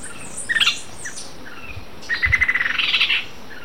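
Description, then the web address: Rufous-winged antwren song: a quick chattering series of notes lasting about a second, rising slightly in pitch, preceded by a short burst of sharp notes. Recorded in Ecuador. "Birds of Ecuador. Rufous-winged Antwren"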